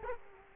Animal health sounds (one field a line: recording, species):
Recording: mosquito wingbeat signal from an infrared sensor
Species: Culex quinquefasciatus